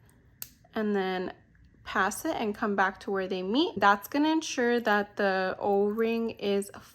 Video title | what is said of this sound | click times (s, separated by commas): How to Make a Stainless Steel Necklace with Padlock Charm and Oval O-rings | close the ring. Hear it kind of click, | 0.4 s